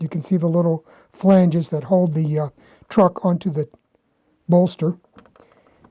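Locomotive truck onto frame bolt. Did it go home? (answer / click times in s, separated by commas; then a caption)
yes / 5.4 s. Someone talks while the plastic truck of an old Athearn HO model locomotive is pushed back onto its frame mounting bolt, where small flanges hold it. A small click at 5.4 s marks the truck popping into place, seated and ready to run again.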